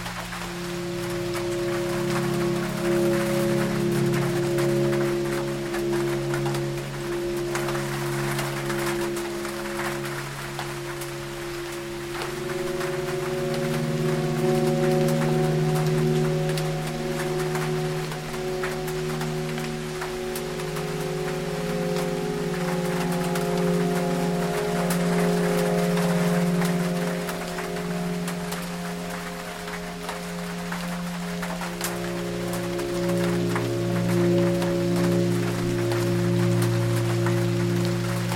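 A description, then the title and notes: Music of sustained low droning tones that slowly shift pitch plays steadily over a constant patter of rain on a tin roof. Deep Sleep Music with Rain on a Tin Roof.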